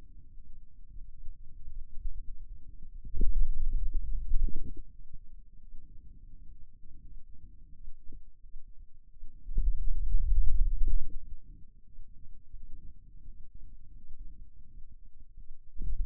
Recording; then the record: forearm muscle sounds (acoustic myography)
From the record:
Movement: finger pinch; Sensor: system 2, bracelet of six BSWA MPA416 microphones around the upper forearm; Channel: 3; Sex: male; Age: 22 years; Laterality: right